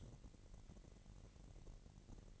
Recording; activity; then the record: daily activity, microphone in the room; take from stove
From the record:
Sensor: 4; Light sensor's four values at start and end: 30/71/29/29 and 29/69/28/28